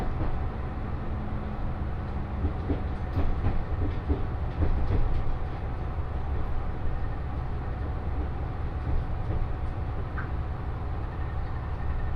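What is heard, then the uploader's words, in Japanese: A train runs along the Tohoku and Kitakami lines with a steady, dense low rumble throughout. Faint clicks and knocks come and go, busier around three to five seconds, and a thin steady tone hums underneath with a brief squeal near ten seconds. 耳で楽しむ鉄道旅 東北本線・北上線 花巻→北上→和賀仙人。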